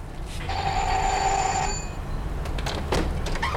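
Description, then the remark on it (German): A doorbell at a house gives one steady, bright electric ring lasting just over a second, heard over a low background rumble, followed by a few soft scuffing noises. No one speaks. “Klingel mal.”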